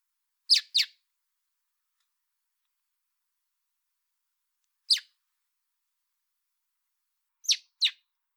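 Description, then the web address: Common blackbird producing short, harsh high calls in sparse pairs and singles, separated by long silent gaps of several seconds. "pub SETE data Turdus merula"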